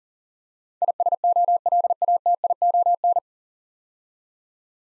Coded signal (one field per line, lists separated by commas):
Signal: Morse code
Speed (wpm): 42 wpm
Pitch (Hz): 700 Hz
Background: none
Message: ISOLATION